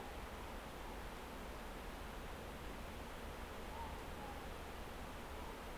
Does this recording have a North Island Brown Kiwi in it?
no